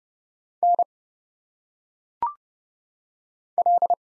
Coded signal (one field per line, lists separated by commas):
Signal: Morse code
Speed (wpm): 30 wpm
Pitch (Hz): 700 Hz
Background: none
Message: N L